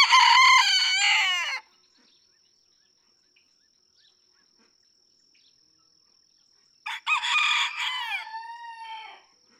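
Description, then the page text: Red junglefowl (chicken): two rooster crows, one loud crow at the start and a second, differently shaped crow after about five seconds of near silence, its final note trailing lower. Several domestic roosters (chickens) in a barnyard just outside Mammoth Cave National Park, Kentucky, USA, June 2, 2010; each rooster crows differently, illustrating individual song differences. "Birdsong for the Curious Naturalist. Red junglefowl (chicken) No two roosters crow alike in this Kentucky barnyard. June 2, 2010. Just outside Mammoth Cave National Park, Kentucky"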